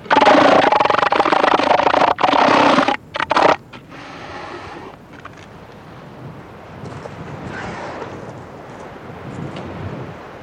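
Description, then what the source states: Southern elephant seal pulsed call: a loud, rough, throbbing burst lasting several seconds with brief breaks, then low background noise and faint scattered sounds. Adult male; pulsed call.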